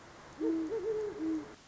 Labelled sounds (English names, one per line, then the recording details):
Great Horned Owl
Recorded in Sonoma County, California